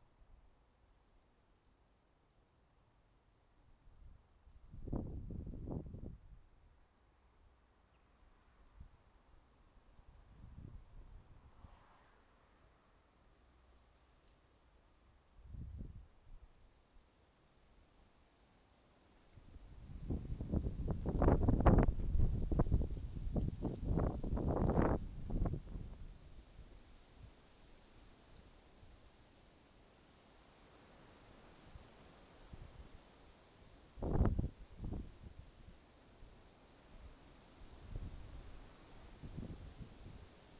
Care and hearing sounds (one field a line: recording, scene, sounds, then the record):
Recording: everyday scene through a hearing-aid microphone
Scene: wind on the microphone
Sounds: wind, traffic, birds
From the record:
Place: suburban garden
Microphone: in the ear canal, right